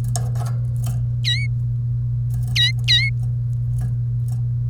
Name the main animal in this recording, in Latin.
Serinus canaria